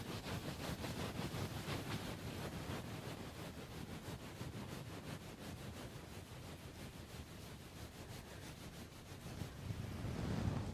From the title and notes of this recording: Windy Muffs, Scratching the 3DIO.